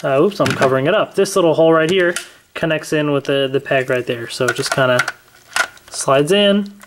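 Someone talks while handling the pink plastic weapon piece of a combined toy weapon, the Gattai Hasshahou Renketsu Bazooka, lining up its small hole with a peg and starting to slide it on. Only speech and faint handling noise are heard. Nothing has seated or clicked yet.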